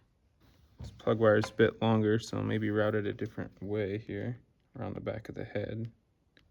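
Someone talks while handling a longer spark plug wire, rerouting it around the back of the engine head on an SL100 fitted with a Grom exhaust, to push its spark plug cap onto the spark plug terminal. Only a faint tick is heard near 6.4 s as the speech ends. The spark plug cap has not seated or clicked onto the plug yet.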